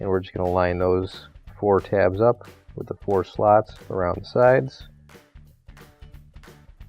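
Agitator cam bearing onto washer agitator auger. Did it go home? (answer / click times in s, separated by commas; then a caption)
no / none. A new plastic OEM agitator cam bearing (WP3363661, AP6008109, PS11741241) for an Amana washer is held over the agitator auger while its four tabs are lined up with the four slots around the sides, before being pushed down. Someone talks over background music. Nothing has seated or clicked yet.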